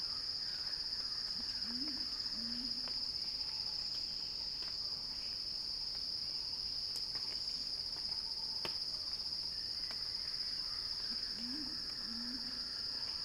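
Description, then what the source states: Cicada song, a sustained high-pitched drone, with low warbling calls twice, near the start and near the end, and faint chirps between. Recorded by Axel Drioli; described as a cicada crescendo.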